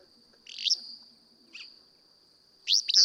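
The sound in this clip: Willow flycatcher song: a buzzy, sneezy phrase, a brief soft note, then a sharp two-part burst at the end, over a continuous high whine.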